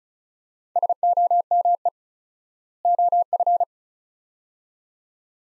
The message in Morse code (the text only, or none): SOME OF